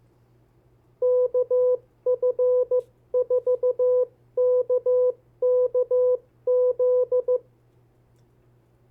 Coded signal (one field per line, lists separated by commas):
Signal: Morse code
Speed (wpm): 15 wpm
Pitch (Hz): 500 Hz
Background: none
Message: KF4KKZ